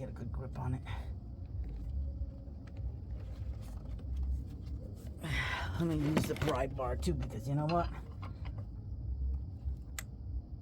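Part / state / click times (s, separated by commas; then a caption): ignition coil connector onto coil / seated / 10.0 s. An ignition coil electrical connector on a 2016 Ford F150 is worked onto the ignition coil with a pry bar while someone talks. Low rumble and faint handling noises lead to a sharp click at 10.0 s as the connector seats.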